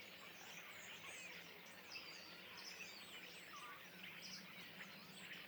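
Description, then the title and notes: Common starling flock, dense high chatter of squeaks and whistles, now and then a louder note breaking through. Flock perched in trees beside the Louroux pond, Le Louroux, Indre-et-Loire, France; recorded in ORTF stereo with Sennheiser MKH8020 microphones and a Sound Devices MixPre-6 II. "Le Louroux, Loches, Indre-et-Loire, Centre-Val de Loire, France métropolitaine, 37240, France - étourneaux sansonnet dans les arbres. Nuée d'étourneaux posés dans un arbre aux abords de l'étang du louroux"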